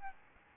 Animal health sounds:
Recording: mosquito wingbeat signal from an infrared sensor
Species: Aedes albopictus

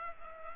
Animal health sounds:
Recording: mosquito wingbeat signal from an infrared sensor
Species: Culex pipiens

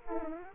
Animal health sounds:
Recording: mosquito wingbeat signal from an infrared sensor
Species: Aedes aegypti

